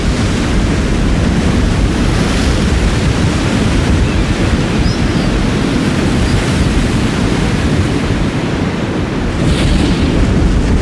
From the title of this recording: Seashore Off The Coast